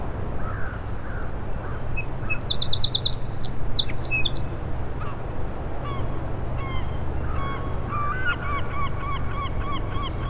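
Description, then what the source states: Song sparrow singing one bright phrase of sharp opening notes running into rapid trilled chips, with fainter singing after it over a steady low rumble. In a shrub on the causeway to Little Moose Island; morning, 07:02, 21 June 2017; mostly sunny, 60 degrees, incoming tide; Fostex FR2 recorder with Sennheiser ME 64 microphone; trimmed and levelled.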